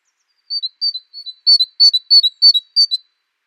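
Great tit song of repeated high two-note phrases, starting softer and growing stronger, about eight phrases in a row.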